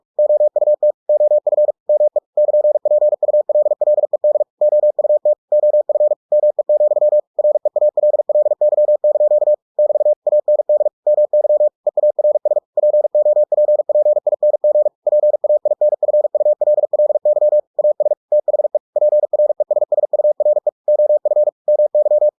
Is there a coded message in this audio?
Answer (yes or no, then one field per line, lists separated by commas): yes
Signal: Morse code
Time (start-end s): 0.2-22.3 s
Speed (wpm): 46 wpm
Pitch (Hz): 600 Hz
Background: none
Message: OUT OF ME <KN>PULLED OUT OF ME, REALLY) <BT> AND MY EARS POPPING PAINFULLY AS THE PRESSURE OF MY